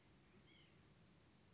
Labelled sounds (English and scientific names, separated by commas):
White-breasted Nuthatch (Sitta carolinensis)